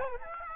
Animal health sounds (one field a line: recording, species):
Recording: mosquito wingbeat signal from an infrared sensor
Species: Aedes aegypti